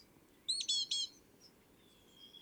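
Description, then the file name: Great tit call: a quick burst of buzzy, ringing chatter notes, then a faint drawn-out whistle. "Parus major"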